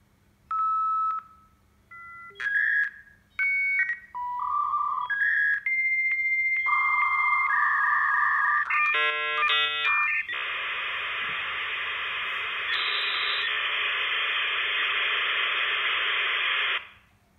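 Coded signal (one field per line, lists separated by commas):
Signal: dial-up modem handshake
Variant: 56k modems at 31200 bps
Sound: short beeps and tones, answer tone, warbling tone pairs, then long roaring hiss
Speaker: these are both 56k modems at least one of them has a limited uplink speed and that's why they only connected at 31 200 board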